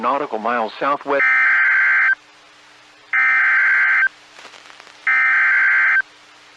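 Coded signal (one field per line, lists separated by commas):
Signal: Emergency Alert System (SAME) tones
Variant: header bursts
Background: speech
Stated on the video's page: Fictional EAS scenario depicting an EF5 tornado in Youngstown.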